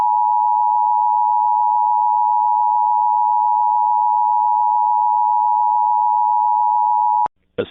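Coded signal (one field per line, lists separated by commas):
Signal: Emergency Alert System (SAME) tones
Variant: 853 and 960 Hz attention tone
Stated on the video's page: Mock EAS recreation of a wildfire evacuation alert, not a real broadcast.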